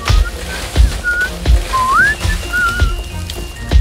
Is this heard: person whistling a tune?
yes